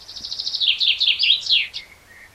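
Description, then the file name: Blackbird song fragment: a fast series of high squeaky twittering notes fading into a thin, soft ending. "Turdus merula"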